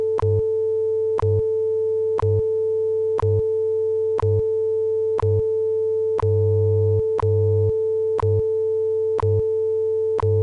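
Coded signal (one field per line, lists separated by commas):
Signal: radio time signal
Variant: WWV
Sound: a steady audio tone with a sharp tick every second for about ten seconds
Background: low hum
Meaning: Each tick marks one second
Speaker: tone 19 hours two minutes coordinated Universal Time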